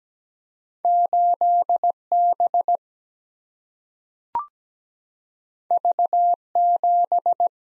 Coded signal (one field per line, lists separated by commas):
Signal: Morse code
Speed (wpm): 17 wpm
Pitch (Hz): 700 Hz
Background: none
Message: 8B V7